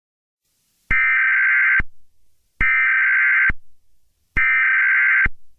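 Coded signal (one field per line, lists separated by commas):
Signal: Emergency Alert System (SAME) tones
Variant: header bursts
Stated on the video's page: Fictional EAS scenario.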